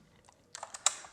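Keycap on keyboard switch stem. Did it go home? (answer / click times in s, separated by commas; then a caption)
released / 0.9 s. A keycap puller pulls the plastic Option keycap off its mechanical switch stem on a Keychron K2 Bluetooth mechanical keyboard. A few faint ticks and light plastic scraping lead up to a sharp, bright pop at 0.9 s as the keycap comes free of the stem.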